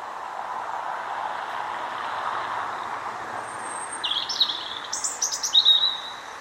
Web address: SETE Erithacus rubecula